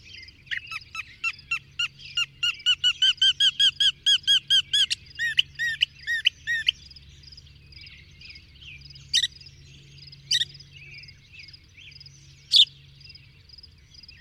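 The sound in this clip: Bird song: a fast series of sharp, repeated notes, followed by a few isolated loud chips amid soft twittering.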